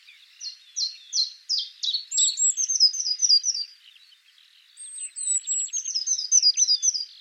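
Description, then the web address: Eurasian blue tit: a series of repeated high notes, then thin whistled notes leading into a quick tinkling series, a short pause, then another whistle and tinkling series. "cianscape birddata Deverinetal 2025 File origin Bird Only Cy Ca"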